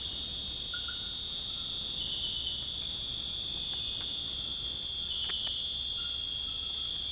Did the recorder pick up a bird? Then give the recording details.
no. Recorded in dense forest near Puerto Asís, Putumayo, Colombia, on 19 February 2024 at 01:30. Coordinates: 0.485, -76.325. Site G6429